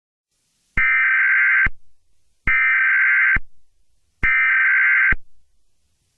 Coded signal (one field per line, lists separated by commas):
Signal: Emergency Alert System (SAME) tones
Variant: header bursts